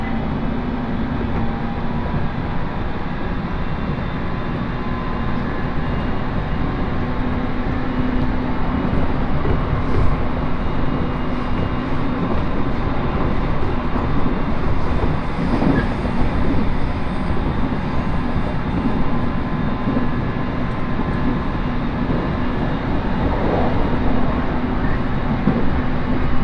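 Inside a crowded train on the Uetsu Line between Ugo-Honjō and Akita, a steady low rumble of running fills the whole clip at an even level. Faint murmurs and small clatters surface now and then, with a brief high squeal around the middle.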